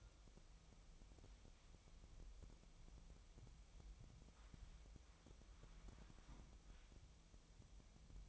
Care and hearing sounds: daily activity, microphone in the room; wipe stove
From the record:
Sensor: 1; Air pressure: 1004.8 hPa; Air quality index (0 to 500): 82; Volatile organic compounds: 2 ppm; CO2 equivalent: 1101 ppm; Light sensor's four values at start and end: 9/23/9/10 and 9/23/9/10

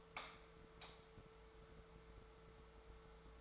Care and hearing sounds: daily activity, microphone in the room; light off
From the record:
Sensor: 3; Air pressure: 1014.5 hPa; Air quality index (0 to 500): 181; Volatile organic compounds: 19 ppm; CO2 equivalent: 2643 ppm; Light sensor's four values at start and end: 16/42/17/17 and 14/35/14/15

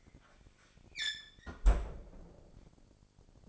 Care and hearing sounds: daily activity, microphone in the room; close fridge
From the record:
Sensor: 5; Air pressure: 995.3 hPa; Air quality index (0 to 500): 88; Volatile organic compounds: 4 ppm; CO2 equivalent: 1640 ppm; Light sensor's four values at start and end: 38/91/37/37 and 35/85/34/35

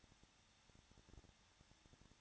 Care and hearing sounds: daily activity, microphone in the room; no activity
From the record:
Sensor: 3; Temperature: 21.2 degrees Celsius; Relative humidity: 36.3%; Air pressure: 1006.3 hPa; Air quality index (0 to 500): 222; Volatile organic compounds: 41 ppm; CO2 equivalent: 3171 ppm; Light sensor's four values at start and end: 2/3/2/2 and 2/3/2/2

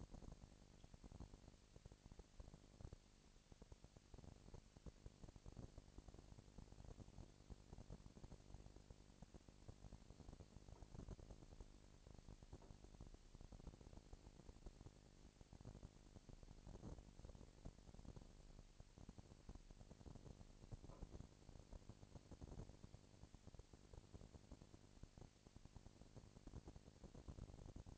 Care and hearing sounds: daily activity, microphone in the room; no activity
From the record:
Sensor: 5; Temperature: 20.1 degrees Celsius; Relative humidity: 38.2%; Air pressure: 998.9 hPa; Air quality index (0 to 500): 218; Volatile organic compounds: 24 ppm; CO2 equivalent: 2804 ppm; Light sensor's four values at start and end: 2/3/1/1 and 2/3/1/1

